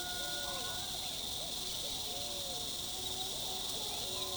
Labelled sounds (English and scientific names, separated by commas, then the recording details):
none
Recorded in forest near Pivijay, Magdalena, Colombia, on 17 April 2023 at 07:30
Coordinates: 10.467, -74.380
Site Z5-G034